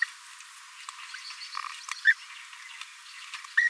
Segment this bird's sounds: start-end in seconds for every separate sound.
2.05-2.13, 3.57-3.69